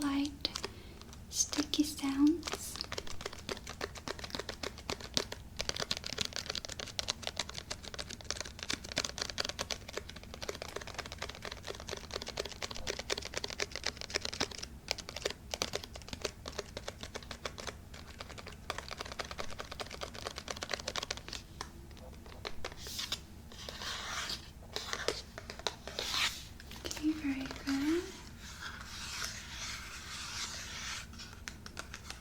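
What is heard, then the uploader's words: Trigger sounds with sweet macarons: a dense, fast stream of crisp taps and light scratches runs almost without pause for the whole half minute. Small squeaky tones cut in near the start and again around 27 seconds. ASMR Sweet Macaron Triggers.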